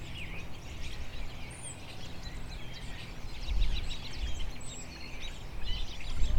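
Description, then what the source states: Birds: overlapping chirps and high thin whistles come and go over a deep helicopter roar. Birds recorded together with a helicopter.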